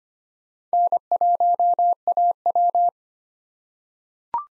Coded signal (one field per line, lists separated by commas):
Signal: Morse code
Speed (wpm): 25 wpm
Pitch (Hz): 700 Hz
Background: none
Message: N1AW